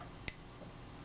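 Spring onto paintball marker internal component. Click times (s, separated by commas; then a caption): 0.3 s. A spring is fitted the right way round onto an internal part of a BT TM7 paintball marker and seats with a single sharp click at 0.3 s. The rest of the clip is steady low background noise with no talk, and the spring is on securely.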